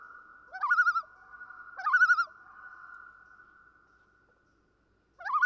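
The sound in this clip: Common loon repeats a wavering tremolo call three times, the first two a second apart, then a pause before the third begins.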